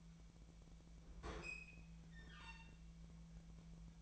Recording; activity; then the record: daily activity, microphone in the room; open fridge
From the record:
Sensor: 1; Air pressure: 1009.7 hPa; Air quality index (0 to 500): 192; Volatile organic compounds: 18 ppm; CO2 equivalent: 2628 ppm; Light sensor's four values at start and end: 33/85/35/43 and 33/84/35/42